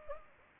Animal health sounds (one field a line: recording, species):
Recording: mosquito wingbeat signal from an infrared sensor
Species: Anopheles gambiae